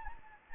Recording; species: mosquito wingbeat signal from an infrared sensor; Anopheles gambiae